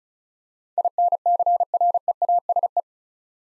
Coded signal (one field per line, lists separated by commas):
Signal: Morse code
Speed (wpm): 36 wpm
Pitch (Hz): 700 Hz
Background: none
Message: INCREASE